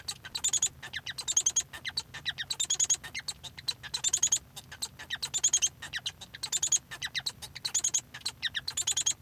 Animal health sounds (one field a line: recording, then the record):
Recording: song of a male Bengalese finch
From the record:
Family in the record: son of father 1